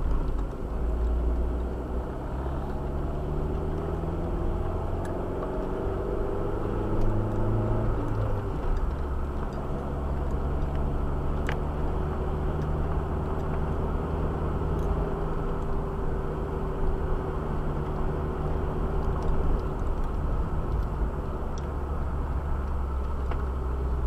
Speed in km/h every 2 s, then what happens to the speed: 22, 32, 38, 44, 42, 42, 47, 49, 45, 45, 43, 41.
0-6 speeds up to 44. 10-14 speeds up to 49. 14-24 slows to 41.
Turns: none.